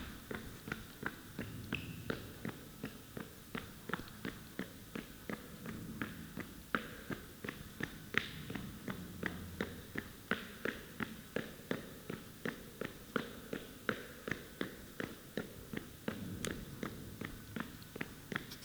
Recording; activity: daily activity, guitar pickup as the sensor; run